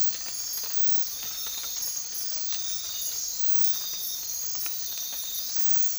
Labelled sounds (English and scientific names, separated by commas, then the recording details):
none
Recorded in dense forest near Puerto Asís, Putumayo, Colombia, on 19 March 2025 at 00:00
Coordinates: 0.503, -76.323
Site GP09